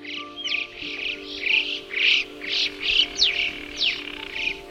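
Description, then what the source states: Alpine chough song: a rapid series of high, rippling, sharply rising whistled notes over a steady low hum. A mountain corvid; its song is considered the most melodious of all the corvids.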